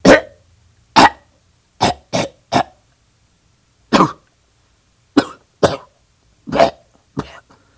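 About ten short, harsh, throaty cough bursts from a dog, some single and some in quick pairs or triples, with silent gaps between them.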